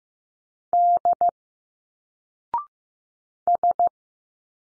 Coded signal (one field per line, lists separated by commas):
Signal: Morse code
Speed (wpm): 15 wpm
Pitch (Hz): 700 Hz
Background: none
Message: D S